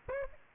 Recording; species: mosquito wingbeat signal from an infrared sensor; Aedes aegypti